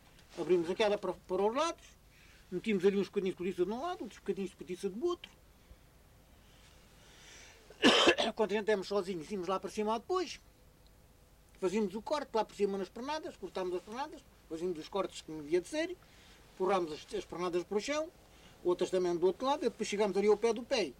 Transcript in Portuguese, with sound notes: Abríamos aquela para para os lados, metíamos ali uns bocadinhos de cortiça dum lado, outros bocadinhos de cortiça do outro. [pausa] Quando a gente éramos sozinhos, íamos lá para cima depois, fazíamos o corte lá por cima nas pernadas, cortávamos as pernadas, fazíamos os cortes como havia de ser, empurrávamos as as pernadas para o chão, outras também do outro lado, e depois chegávamos ali ao pé do pé…